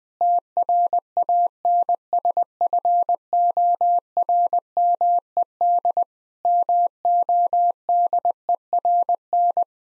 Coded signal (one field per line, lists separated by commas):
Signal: Morse code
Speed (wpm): 20 wpm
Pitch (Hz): 700 Hz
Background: none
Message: TRANSFORMED MODERN